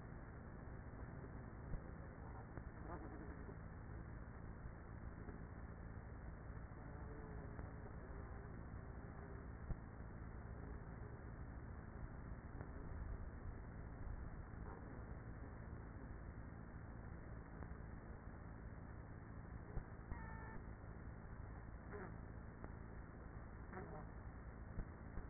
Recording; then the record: honeybee colony, microphone inside the hive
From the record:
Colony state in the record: queenless with a low population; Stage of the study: after two queens were removed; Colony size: about 30,000 bees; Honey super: no